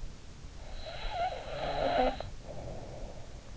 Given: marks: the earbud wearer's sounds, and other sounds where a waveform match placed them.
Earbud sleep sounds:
sounds in sleep by an in-ear microphone; snoring breath
0.81-3.52 s: snoring breath

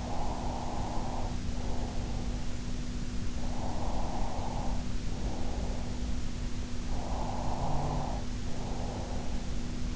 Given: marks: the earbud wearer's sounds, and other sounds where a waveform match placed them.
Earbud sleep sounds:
sounds in sleep by an in-ear microphone; breath
0.00-2.52 s: breath
3.40-6.07 s: breath
6.97-9.43 s: breath

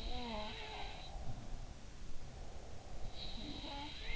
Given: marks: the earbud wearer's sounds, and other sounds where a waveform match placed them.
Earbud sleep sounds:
sounds in sleep by an in-ear microphone; breath
0.25-3.47 s: breath
2.98-4.16 s: sound from someone else or the room

